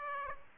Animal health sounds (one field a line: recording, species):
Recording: mosquito wingbeat signal from an infrared sensor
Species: Aedes aegypti